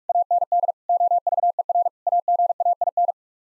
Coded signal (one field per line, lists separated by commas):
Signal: Morse code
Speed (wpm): 49 wpm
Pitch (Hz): 700 Hz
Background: none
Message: AND OVER AGAIN